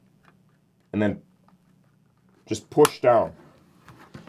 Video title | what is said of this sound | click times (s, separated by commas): AGV K3 Helmet Review from SportbikeTrackGear.com | you'll hear an audible click indicating that it's jumped into place once | 3.9 s